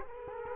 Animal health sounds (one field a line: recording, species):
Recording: mosquito wingbeat signal from an infrared sensor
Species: Culex quinquefasciatus